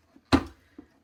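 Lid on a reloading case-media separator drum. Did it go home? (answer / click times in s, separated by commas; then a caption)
yes / 0.3 s. The lid of a rotary case-media separator drum used for reloading is closed and locked in place. A single sharp, loud hit lands at 0.3 s and rings down over about two tenths of a second, with faint soft knocks just before at 0.2 s and after at 0.8 s. The lid is locked.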